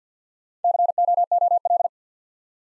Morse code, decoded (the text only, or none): COOL